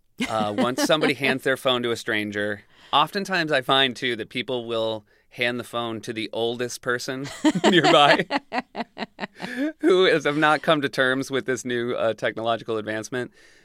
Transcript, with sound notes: Once somebody hands their phone to a stranger, oftentimes I find too that people will hand the phone to the oldest person nearby.
(LAUGHTER)
Who has not come to terms with this new technological advancement.